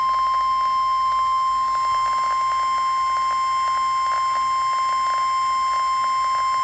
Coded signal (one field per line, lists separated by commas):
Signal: Emergency Alert System (SAME) tones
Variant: 1050 Hz attention tone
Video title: EAS Flash flood warning Anne Arundel county MD